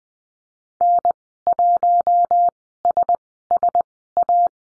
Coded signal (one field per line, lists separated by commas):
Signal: Morse code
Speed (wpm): 20 wpm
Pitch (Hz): 700 Hz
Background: none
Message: N1SSA